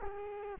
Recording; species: mosquito wingbeat signal from an infrared sensor; Culex quinquefasciatus